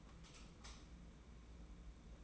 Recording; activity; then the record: daily activity, microphone in the room; light off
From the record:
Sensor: 1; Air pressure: 991.9 hPa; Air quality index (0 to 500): 208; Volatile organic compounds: 1000 ppm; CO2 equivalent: 8064 ppm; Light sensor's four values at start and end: 14/38/15/16 and 9/21/9/9